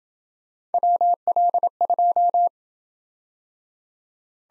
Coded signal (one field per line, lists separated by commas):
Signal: Morse code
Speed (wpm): 27 wpm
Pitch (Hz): 700 Hz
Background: none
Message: WL2